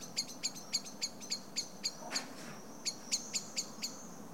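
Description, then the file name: Common blackbird giving evenly spaced sharp ticking calls, interrupted by a brief rushing noise midway before the ticks resume. "Turdus merula"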